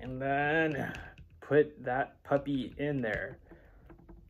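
Someone talks while pushing an interchangeable swap hand onto the wrist peg of an S.H. MonsterArts Jet Jaguar 1973 action figure, followed by two faint brief taps near 3.9 s and 4.1 s. This first attempt does not go home, and nothing has seated or clicked yet.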